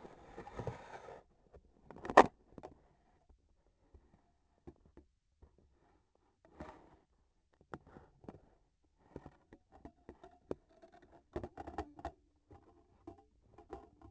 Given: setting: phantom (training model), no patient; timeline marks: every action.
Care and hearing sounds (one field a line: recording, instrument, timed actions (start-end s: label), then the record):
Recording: laparoscopic instrument, vibration sensor on the handle end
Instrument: scissors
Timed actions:
1.83-2.32 s: scissors opening
From the record:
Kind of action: gesture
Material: cotton thread